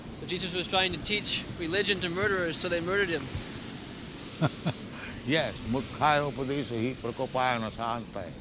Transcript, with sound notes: So Jesus was trying to teach religion to murderers, so they murdered him.
[laughs] Yes. Mūrkhāyopadeśo hi prakopāya na śāntaye.